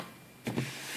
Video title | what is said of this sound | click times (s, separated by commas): Threading a Brother 1034D Serger | as you hear it snap it's not moving anywhere unless you you know pull it out like that | 0.5 s